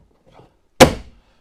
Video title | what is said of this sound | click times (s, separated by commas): 2008 AUDI A3 LOCKING DOOR MECHANISM FIX AND WALKTHROUGH | You'll hear it click. That's | 0.8 s